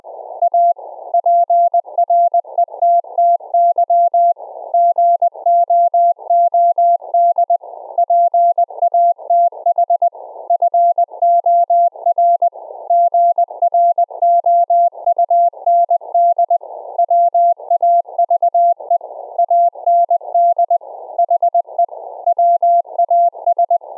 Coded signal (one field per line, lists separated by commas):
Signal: Morse code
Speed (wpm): 20 wpm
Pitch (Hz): 690 Hz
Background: none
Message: A PRETTY GOOD PATH FOR GROUND WAVE AND HE WAS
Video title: Secure Reliable Transport Protocol(SRT) for REMOTE RIG CW operations on a Raspberry Pi RIG interface